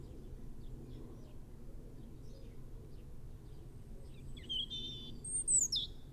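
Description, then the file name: European robin's faint thin phrase near the end, a high glissando sliding down after a brief warble, over low steady background noise. "Erithacus rubecula"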